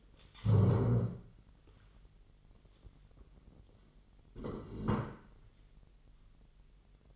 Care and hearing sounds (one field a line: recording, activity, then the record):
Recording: daily activity, microphone in the room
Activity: stand up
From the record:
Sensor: 4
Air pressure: 999.3 hPa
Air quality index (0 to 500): 115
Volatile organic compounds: 2 ppm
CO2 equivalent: 1131 ppm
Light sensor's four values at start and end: 14/32/13/14 and 13/32/13/14